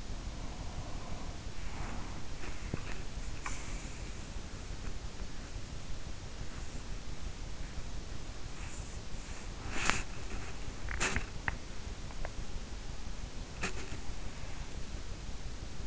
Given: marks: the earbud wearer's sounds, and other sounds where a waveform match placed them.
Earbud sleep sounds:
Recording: sounds in sleep by an in-ear microphone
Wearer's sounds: breath, body movement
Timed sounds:
0.00-2.35 s: breath
2.59-15.86 s: body movement

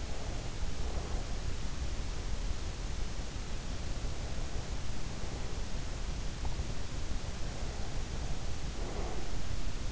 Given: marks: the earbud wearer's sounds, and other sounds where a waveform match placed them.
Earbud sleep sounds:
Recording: sounds in sleep by an in-ear microphone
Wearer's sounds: breath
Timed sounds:
0.00-1.28 s: breath
4.14-5.66 s: breath
7.34-9.33 s: breath

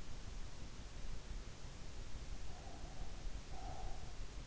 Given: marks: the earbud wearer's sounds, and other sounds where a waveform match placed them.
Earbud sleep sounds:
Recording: sounds in sleep by an in-ear microphone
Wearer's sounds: breath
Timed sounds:
2.39-4.26 s: breath

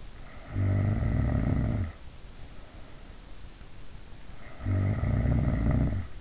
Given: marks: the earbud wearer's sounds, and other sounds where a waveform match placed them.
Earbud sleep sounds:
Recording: sounds in sleep by an in-ear microphone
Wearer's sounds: snoring breath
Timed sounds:
0.16-2.16 s: snoring breath
4.27-6.21 s: snoring breath

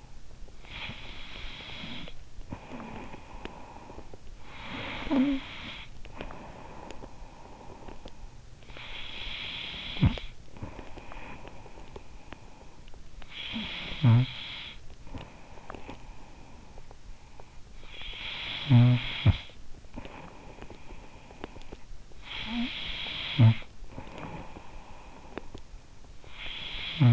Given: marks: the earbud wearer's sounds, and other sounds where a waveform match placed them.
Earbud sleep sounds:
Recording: sounds in sleep by an in-ear microphone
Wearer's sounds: snoring breath, breath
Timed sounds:
0.00-0.52 s: snoring breath
0.52-4.11 s: breath
4.11-27.12 s: snoring breath

